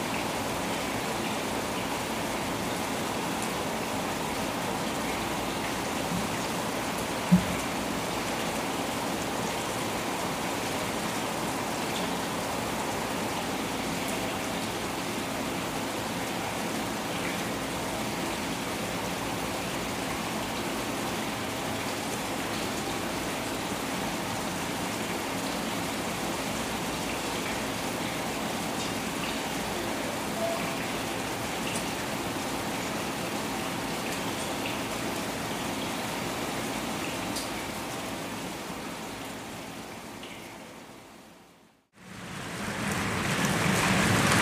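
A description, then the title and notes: Rain falls on a balcony in the city as a steady, dense hiss with a soft low rumble underneath. A single sharp tap stands out near seven seconds. Just before the end the sound fades to silence, then returns briefly. Rain on a balcony in the City.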